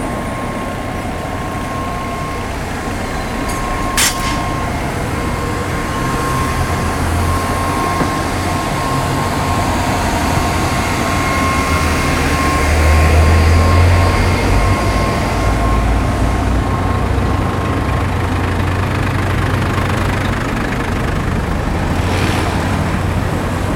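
A steady low rumble of vehicles and machinery fills the recording at Takanawa Gateway Station, Tokyo, swelling slightly around the middle. A thin sustained tone hums through the first eighteen seconds, and a sharp click cuts in near the four-second mark.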